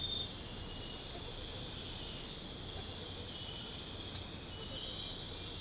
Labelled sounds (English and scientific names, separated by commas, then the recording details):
none
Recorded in secondary vegetation near Puerto Asís, Putumayo, Colombia, on 13 March 2025 at 01:00
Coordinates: 0.502, -76.326
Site G100